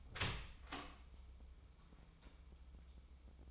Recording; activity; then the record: daily activity, microphone in the room; open door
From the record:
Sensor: 1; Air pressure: 996.2 hPa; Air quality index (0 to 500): 45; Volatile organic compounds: 1 ppm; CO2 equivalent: 947 ppm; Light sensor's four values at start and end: 14/33/14/16 and 14/33/14/16